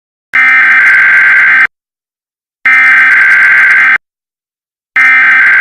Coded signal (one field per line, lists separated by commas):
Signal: Emergency Alert System (SAME) tones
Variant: header bursts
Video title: EAS Scenario #1 - PJ Masks Villians pt1